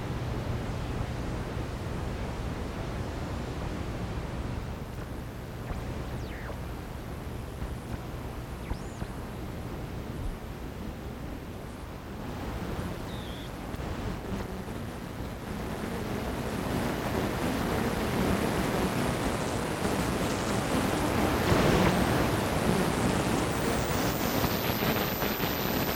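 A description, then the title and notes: Shortwave radio static fills the recording, a dense, rushing hiss that never lets up. A low steady hum sits underneath for the first ten seconds, then drops away. After about fifteen seconds the noise swells, growing rougher and louder, and a thin high tone enters near the end. My first nighttime voltage controlled shortwave radio experiment with a 25 foot antenna.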